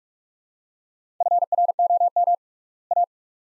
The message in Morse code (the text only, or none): FROM A